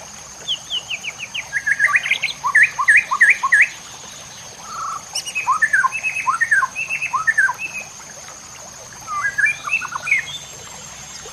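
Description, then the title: White-rumped shama delivering clusters of quick chirped and whistled notes in bursts separated by pauses, over background hiss and a steady high tone. Used to teach song to cage birds. "MASTERAN MURAI BATU LABAIK"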